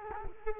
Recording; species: mosquito wingbeat signal from an infrared sensor; Culex quinquefasciatus